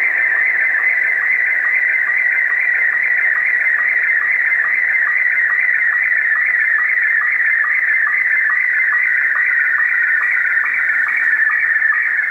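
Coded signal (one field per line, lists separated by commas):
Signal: SSTV (slow-scan television)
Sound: warbling tone around 2 kHz with quick low sync chirps about twice a second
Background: radio static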